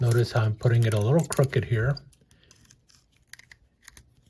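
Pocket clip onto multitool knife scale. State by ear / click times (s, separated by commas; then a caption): not seated / none. A pocket clip is set crooked onto the red aluminium scale of a Swiss Army knife to line it up before snapping it on. Someone talks for the first two seconds, then quiet small metallic ticks of the clip being handled are heard from about 2.7 to 4.0 seconds. Nothing has snapped or clicked into place yet.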